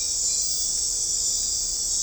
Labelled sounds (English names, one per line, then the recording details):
none
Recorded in dense forest near Puerto Asís, Putumayo, Colombia, on 16 December 2024 at 00:30
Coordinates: 0.499, -76.324
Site G045